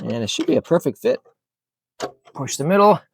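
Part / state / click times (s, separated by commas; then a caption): plastic wheel cover onto car wheel / not seated / none. A plastic wheel cover is being handled against a car's alloy wheel, about to be pressed in the middle. Someone talks in two bursts with a silent gap between them. Nothing has seated or clicked yet.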